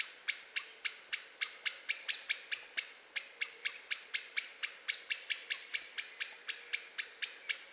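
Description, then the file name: Eurasian blackbird giving a steady, insistent metallic chink alarm, roughly four sharp notes a second throughout without a break. "Turdus merula"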